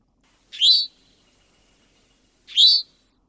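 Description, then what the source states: Eastern towhee calls, two sharp high notes about two seconds apart, clean and clear against a silent background. Call notes heard by some as 'towhee' and by others as 'chewink', the source of the bird's names.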